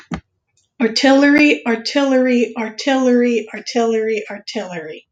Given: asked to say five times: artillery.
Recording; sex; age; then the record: repeated word; female; 30 to 39 years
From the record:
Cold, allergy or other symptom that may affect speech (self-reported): no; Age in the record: 30 years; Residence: South Carolina, United States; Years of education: 12